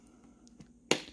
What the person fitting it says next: there's one click